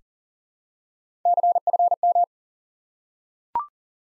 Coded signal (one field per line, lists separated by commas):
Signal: Morse code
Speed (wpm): 40 wpm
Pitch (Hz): 700 Hz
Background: none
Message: CFM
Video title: Course 3 - Lesson 52 - QRQ - Single Element